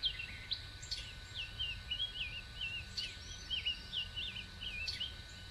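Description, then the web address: Birds chirping in a chorus of quick rising and falling twitters, over a constant thin tone and low background rumble. Many birds calling in Bexar County, Texas, on the morning of 26 March 2006. "bexar Many Birds 20060326 AM"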